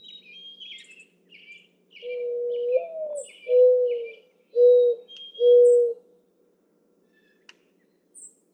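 Mourning dove song: a low coo sliding upward, then three mournful level coos about a second apart, while small birds chirp and whistle thinly in the background.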